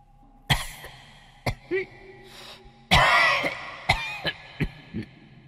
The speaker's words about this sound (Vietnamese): Âm thanh ho sổ sụ vẫn cứ vang vọng. Nó nghe rõ là tiếng ho của người già, gọi mấy câu cũng không ai trả lời.